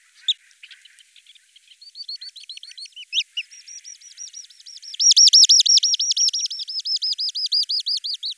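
Bird song opening with soft scattered chirps and a softer series of repeated notes, building into a loud, steady series of repeated looping whistled notes in the second half.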